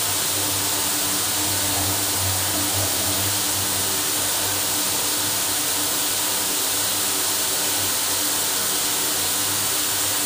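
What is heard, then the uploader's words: A hot shower runs in a steady, dense hiss, bright, with a faint low hum underneath that never changes. Hot shower in a luxury hotel in San Antonio.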